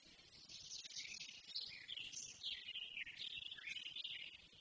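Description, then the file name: Eurasian blackcap song: a continuous rambling warble of quick high notes, rising and falling without a break. "Sylvia atricapilla"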